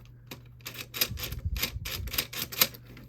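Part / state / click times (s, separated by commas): printed plastic lid part into the battery machine / not seated / none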